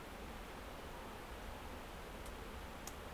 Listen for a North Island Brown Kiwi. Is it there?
no